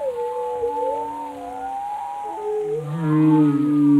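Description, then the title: Whale calls, wavering tonal moans that drift gently, ending in a loud low groan rising in strength. "Whale Tales: Discovering the Stories Behind the Sounds"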